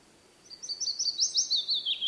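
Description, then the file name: Willow warbler song: a sweet, whistled phrase of soft notes that starts high and slides gently lower. "piecuszek Phylloscopus trochilus"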